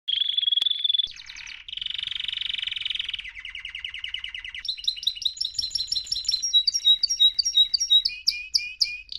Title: Esquente Seu Filhote E Canario Belga Em 30 Minutos Macho Cantando Muito